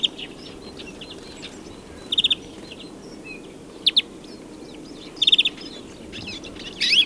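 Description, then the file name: European greenfinch calls in short stuttering bursts of rapid chipping notes, several clusters spread throughout, over steady background noise. "Chloris chloris"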